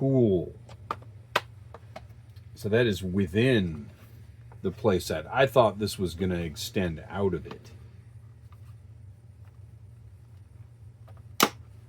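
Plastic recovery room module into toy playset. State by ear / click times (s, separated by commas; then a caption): seated / 11.4 s. Someone talks while a plastic recovery-room piece is pressed onto a Teenage Mutant Ninja Turtles Classics toy sewer playset, with a few light plastic taps along the way. At 11.4 s a sharp click is heard as the piece snaps into place.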